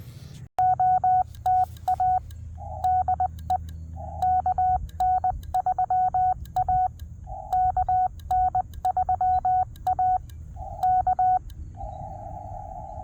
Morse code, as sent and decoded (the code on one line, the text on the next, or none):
--- - .- / -.. . / -.- -. ...-- .- / -.- -. ...-- .- / -.-
OTA DE KN3A KN3A K